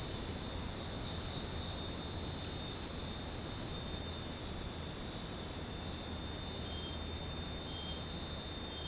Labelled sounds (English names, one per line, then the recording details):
none
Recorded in dense forest near Puerto Asís, Putumayo, Colombia, on 21 February 2024 at 23:30
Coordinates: 0.503, -76.322
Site G6418